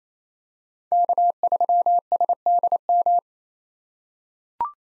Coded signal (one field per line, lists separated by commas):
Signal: Morse code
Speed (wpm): 28 wpm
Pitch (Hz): 700 Hz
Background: none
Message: K3SDM